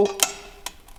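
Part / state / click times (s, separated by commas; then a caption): brake shoe return spring into hole in brake shoe / not seated / none. A steel return spring on a rear drum brake shoe of a Mitsubishi L200 is hooked with a flat-head screwdriver and pulled toward its hole in the shoe. Faint metallic ticks and scrapes are heard around 0.2, 0.7 and 1.0 seconds. The spring has not snapped into place yet.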